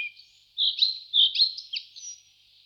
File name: Lejsek belokrky Ficedula albicollis